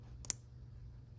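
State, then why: Seated. A crimped red wire terminal is pushed into the plastic main electrical connector housing of a fuel pump until its latch tab catches. A faint tick at 0.25 s is followed by one sharp, bright click at 0.3 s over a steady low hum. The terminal is seated and checked to be caught.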